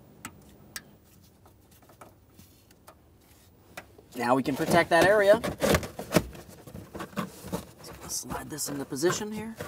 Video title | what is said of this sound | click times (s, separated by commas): How to Replace Rear ABS Wheel Speed Sensors 2008-2017 Mitsubishi Lancer 2.4L | We'll just press it in. Listen for an audible click. | 0.2 s, 0.8 s